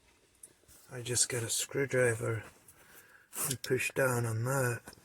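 A valve stem oil seal, only partly on the valve guide of a Renault Scenic 1.6 cylinder head, is about to be pushed the rest of the way down with a screwdriver while someone talks. A brief sharp tap sounds at about 0.4 s. Nothing has seated or clicked yet.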